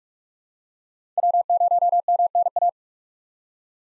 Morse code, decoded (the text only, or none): W0MNA